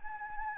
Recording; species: mosquito wingbeat signal from an infrared sensor; Anopheles arabiensis